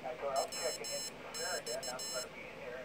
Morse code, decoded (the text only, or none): WX